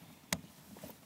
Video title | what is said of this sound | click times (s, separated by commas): Diono RadianRXT Car Seat Review and Rear Facing Installation Demonstration | and then you hear a click | 0.3 s